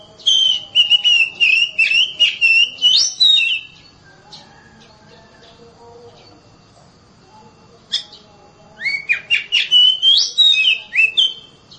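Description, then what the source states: Oriental magpie-robin song: a burst of fast chattered notes and whistles, about four seconds of quiet, then a second similar burst with rising whistles. Champion singing bird.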